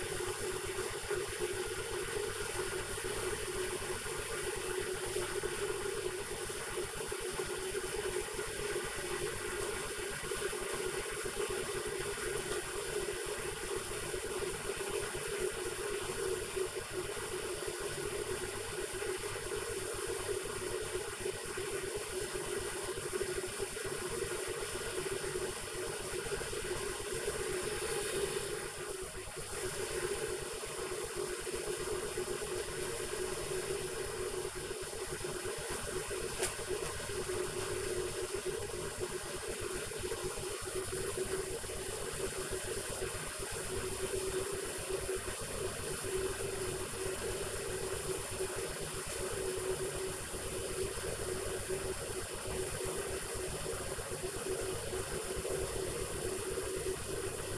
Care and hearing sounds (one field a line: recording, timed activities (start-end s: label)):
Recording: household activities, microphone on the right wrist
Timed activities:
0.00-57.58 s: making tea